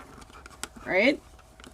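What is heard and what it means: Plastic housing tabs on a Wyze Cam V2 camera body are being handled as the housing is pressed back together after a WiFi antenna extension mod. Someone talks briefly, with a few light handling ticks around 0.6 s and 1.75 s. Nothing has seated or clicked yet.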